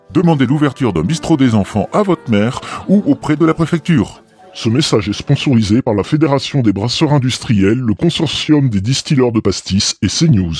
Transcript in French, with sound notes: Demandez l 'ouverture d'un bistrot des enfants à votre maire ou auprès de la préfecture! [voix atonale] Ce message est sponsorisé par la fédération des brasseurs industriels, le consortium des distilleurs de pastis et CNews.